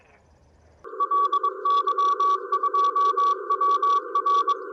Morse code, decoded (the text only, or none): LY2WR